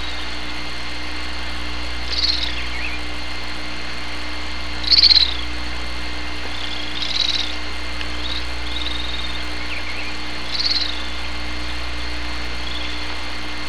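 Bird gives brief high chirps and short trills at irregular intervals, with a constant low mechanical hum underneath.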